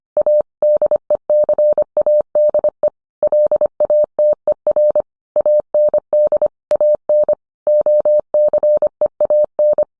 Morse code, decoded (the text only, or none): A DECADE LATER AND AN OCEAN